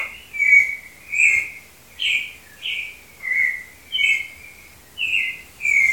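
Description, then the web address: Clay-colored thrush song of several varied fluty, slurred whistled phrases in a clean recording. "Cantos Turdus-grayi"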